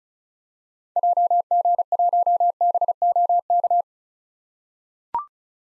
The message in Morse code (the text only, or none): JG1BOK